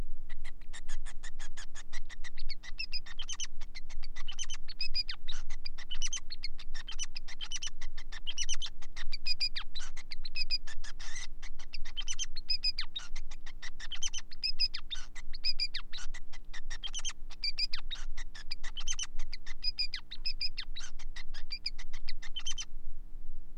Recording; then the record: song of a male Bengalese finch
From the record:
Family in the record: son of father 5